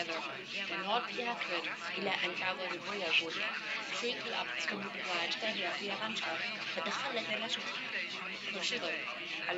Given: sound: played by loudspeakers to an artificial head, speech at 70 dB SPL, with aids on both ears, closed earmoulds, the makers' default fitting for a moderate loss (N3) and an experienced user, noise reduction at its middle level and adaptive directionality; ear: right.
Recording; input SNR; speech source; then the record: speech test signal (ISTS) in cocktail-party noise; -3 dB; in front (0 degrees)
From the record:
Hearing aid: class 1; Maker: F